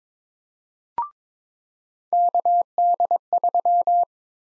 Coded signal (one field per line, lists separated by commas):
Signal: Morse code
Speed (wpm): 21 wpm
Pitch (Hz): 700 Hz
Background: none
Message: KD3